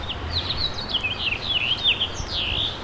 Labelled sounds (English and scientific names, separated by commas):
House Finch (Haemorhous mexicanus) song